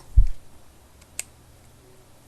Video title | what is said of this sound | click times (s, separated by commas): Voir l'intérieur d'un iphone 3g | ferme le tout là vous entendez des clics un petit peu partout | 1.2 s